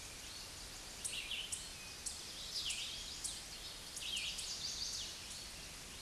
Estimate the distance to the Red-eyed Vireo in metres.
about 25 m